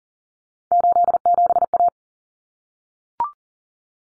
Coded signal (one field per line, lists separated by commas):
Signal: Morse code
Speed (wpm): 40 wpm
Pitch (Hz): 700 Hz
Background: none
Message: 87A